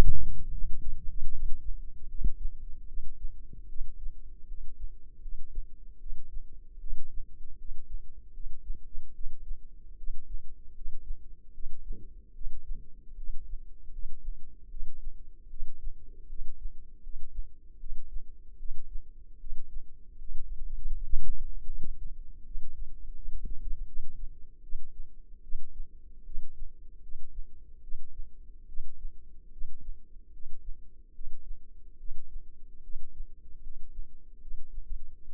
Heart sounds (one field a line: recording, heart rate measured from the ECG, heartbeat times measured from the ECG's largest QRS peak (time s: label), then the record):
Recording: heart sounds by microphone in the left ear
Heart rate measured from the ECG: 76 bpm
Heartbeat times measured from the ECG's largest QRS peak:
0.48 s: heartbeat
1.29 s: heartbeat
2.05 s: heartbeat
2.85 s: heartbeat
3.66 s: heartbeat
4.45 s: heartbeat
5.19 s: heartbeat
5.97 s: heartbeat
6.78 s: heartbeat
7.55 s: heartbeat
8.31 s: heartbeat
9.11 s: heartbeat
9.95 s: heartbeat
10.72 s: heartbeat
11.51 s: heartbeat
12.32 s: heartbeat
13.14 s: heartbeat
13.89 s: heartbeat
14.67 s: heartbeat
15.47 s: heartbeat
16.26 s: heartbeat
17.00 s: heartbeat
17.77 s: heartbeat
18.56 s: heartbeat
19.37 s: heartbeat
20.15 s: heartbeat
20.91 s: heartbeat
21.66 s: heartbeat
22.43 s: heartbeat
23.12 s: heartbeat
23.84 s: heartbeat
24.60 s: heartbeat
25.40 s: heartbeat
26.23 s: heartbeat
27.00 s: heartbeat
27.80 s: heartbeat
28.65 s: heartbeat
29.49 s: heartbeat
30.30 s: heartbeat
31.11 s: heartbeat
31.96 s: heartbeat
32.80 s: heartbeat
33.60 s: heartbeat
34.38 s: heartbeat
35.21 s: heartbeat
From the record:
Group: healthy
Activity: rest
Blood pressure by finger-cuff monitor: 103/68 mmHg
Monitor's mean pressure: 81 mmHg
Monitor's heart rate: 76 bpm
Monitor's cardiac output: 6.4 L/min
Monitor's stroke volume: 85 mL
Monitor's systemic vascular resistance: 900 dyn s/cm5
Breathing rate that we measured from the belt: 20 breaths a minute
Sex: female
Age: 22 years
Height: 160 cm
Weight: 45 kg